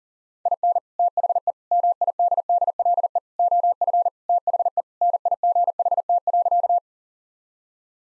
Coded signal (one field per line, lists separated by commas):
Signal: Morse code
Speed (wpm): 40 wpm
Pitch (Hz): 700 Hz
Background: none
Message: IN THE MIDDLE OF THE NIGHT.